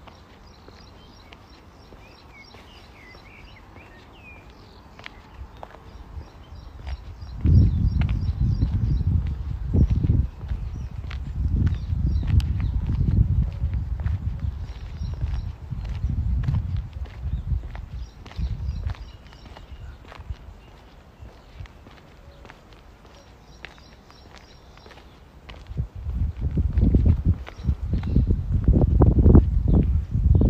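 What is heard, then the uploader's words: Walking through a city park in Modiin, Israel, with heavy low thuds and rustling from about 7 to 19 seconds, then again strongly from 26 seconds on. In between it quiets to a soft background hum, with faint chirping birds and small clicks throughout. City Park Sounds. Walking In Modiin, Israel.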